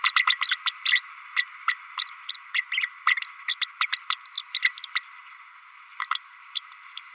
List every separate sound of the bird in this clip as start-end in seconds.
0.03-0.12, 0.16-0.25, 0.27-0.35, 0.41-0.57, 0.66-0.74, 0.85-1.01, 1.36-1.44, 1.68-1.75, 1.99-2.10, 2.28-2.37, 2.54-2.62, 2.71-2.89, 3.48-3.56, 3.61-3.66, 3.80-3.86, 3.92-3.99, 4.10-4.26, 4.35-4.42, 4.54-4.62, 4.77-4.86, 4.95-5.03, 6.55-6.61, 6.97-7.02